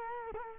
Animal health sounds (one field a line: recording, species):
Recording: mosquito wingbeat signal from an infrared sensor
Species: Culex quinquefasciatus